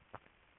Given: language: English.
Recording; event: throat vibration sensor signal played as sound; swallow